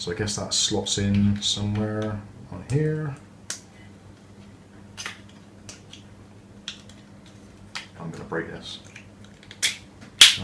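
Someone talks while fitting the plastic quick-release mount buckle into the adhesive mount base for a ThiEYE i60e 4K action camera, with a few light plastic taps and clicks as the parts are handled. A sharp, loud click at 10.2 s marks the buckle locking into place, seated.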